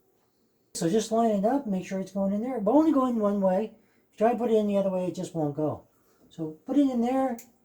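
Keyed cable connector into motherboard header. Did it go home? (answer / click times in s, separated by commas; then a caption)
no / none. A keyed cable connector that only fits one way is lined up with a header on a B450M DS3H motherboard, during a build in a be Quiet! Pure Base 500 DX Black case. Someone talks throughout, with short pauses around 4 s and 6 s. The connector has not seated or clicked yet.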